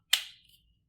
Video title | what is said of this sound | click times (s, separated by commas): Optical Reflection Image Drawing Board - Assembly and Use | again make sure you hear it snap so now your phone is going to sit right here | 0.1 s